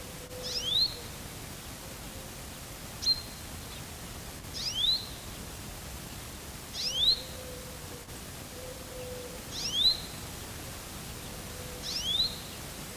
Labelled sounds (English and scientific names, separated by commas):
Common Chaffinch (Fringilla coelebs) call